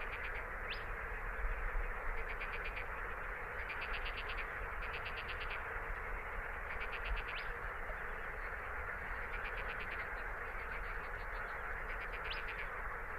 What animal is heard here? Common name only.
Spotted Crake